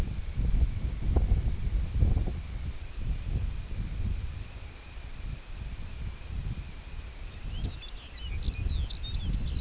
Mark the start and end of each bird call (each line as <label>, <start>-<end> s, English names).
Lapland Longspur, 7.30-9.59 s